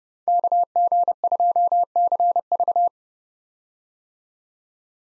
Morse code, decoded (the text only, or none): KG2CV